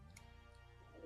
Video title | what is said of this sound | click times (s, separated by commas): Install American Modified Multiduty LED Tail Lights for 19-23 Jeep Gladiator JT | you hear that click I heard the click all right yep | 0.2 s